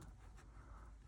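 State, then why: Not seated. A small plastic part, possibly a shock or ball-end fitting, is pushed onto its mount on a Tamiya XV02 Pro radio control chassis. Only a steady low rumble and faint broadband noise are heard, with no sharp snap anywhere in the clip. The part only nearly goes on, and nothing has seated or clicked yet.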